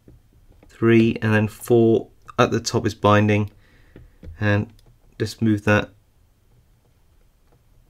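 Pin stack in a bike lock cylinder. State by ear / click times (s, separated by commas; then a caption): not seated / none. A pin stack in an OnGuard Revolver modular bike lock cylinder is worked with a pick under tension, with pin four at the top binding, while someone talks. Only faint small ticks sit under the voice, and nothing has set or clicked yet.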